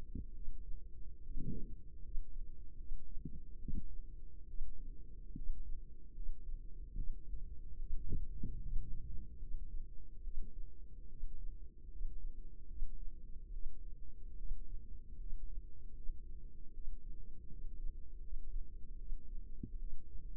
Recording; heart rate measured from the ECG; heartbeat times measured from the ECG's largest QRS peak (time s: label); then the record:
heart sounds by microphone in the left ear; 74 bpm
0.34 s: heartbeat
1.23 s: heartbeat
2.02 s: heartbeat
2.77 s: heartbeat
3.59 s: heartbeat
4.48 s: heartbeat
5.35 s: heartbeat
6.14 s: heartbeat
6.95 s: heartbeat
7.79 s: heartbeat
8.61 s: heartbeat
9.39 s: heartbeat
10.23 s: heartbeat
11.09 s: heartbeat
11.90 s: heartbeat
12.67 s: heartbeat
13.52 s: heartbeat
14.37 s: heartbeat
15.18 s: heartbeat
15.94 s: heartbeat
16.73 s: heartbeat
17.49 s: heartbeat
18.21 s: heartbeat
18.97 s: heartbeat
19.78 s: heartbeat
From the record:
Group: healthy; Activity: rest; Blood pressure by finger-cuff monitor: 88/59 mmHg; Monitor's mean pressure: 67 mmHg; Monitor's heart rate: 74 bpm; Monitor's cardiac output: 5.7 L/min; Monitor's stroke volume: 76 mL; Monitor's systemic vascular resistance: 830 dyn s/cm5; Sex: female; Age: 22 years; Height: 163 cm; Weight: 67.1 kg